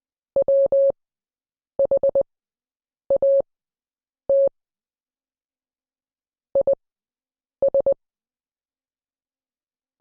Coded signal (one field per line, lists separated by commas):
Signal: Morse code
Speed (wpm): 20 wpm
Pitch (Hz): 550 Hz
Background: none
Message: WHAT IS